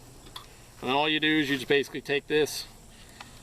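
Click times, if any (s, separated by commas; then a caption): none. An 8-AA battery pack is being handled for insertion into the grip of a TASER M-26 stun gun, where it lines up on two receptor pieces in a tight fit. Someone talks, with brief faint ticks at about 0.4 s and 3.2 s. Nothing has seated or clicked yet.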